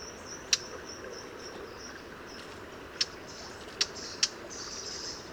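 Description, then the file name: Eurasian blackcap giving four sharp, dry tac clicks, spaced irregularly, over a steady high insect hum. "Sylvia atricapilla"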